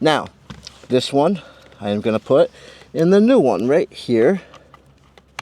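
A plastic door wiring harness connector is handled at the port of a new master power window switch for a Chevy Suburban while someone talks. Faint taps and small handling noises follow near the end. The connector has not seated or clicked yet.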